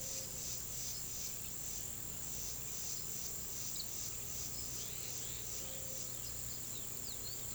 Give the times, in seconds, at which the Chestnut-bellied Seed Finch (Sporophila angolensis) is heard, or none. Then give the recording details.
4.76-7.54. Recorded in pastures near Puerto Asís, Putumayo, Colombia, on 20 February 2024 at 14:30. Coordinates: 0.466, -76.323. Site G6384